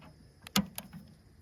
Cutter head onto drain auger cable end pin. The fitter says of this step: There's no up or down. It goes on either way. It slides on to that pin and then locks in place. Just